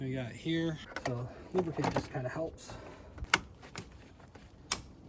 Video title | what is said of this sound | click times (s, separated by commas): DIY E46 330ci Cooling system refresh and new lights | Hear that nice positive click. So that's engaged. | 4.7 s